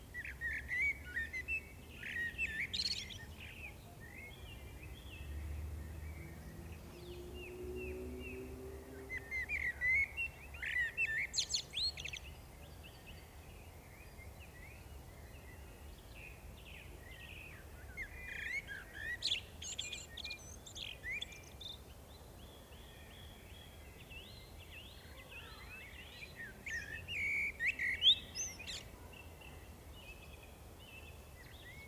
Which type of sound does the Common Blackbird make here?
song